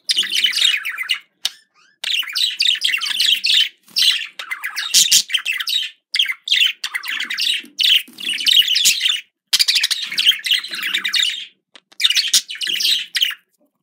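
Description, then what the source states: Budgerigar warbling: a steady stream of harsh, buzzy chatter and clicks, in long phrases with a few short pauses. Described as a budgerigar love sound.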